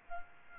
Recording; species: mosquito wingbeat signal from an infrared sensor; Aedes albopictus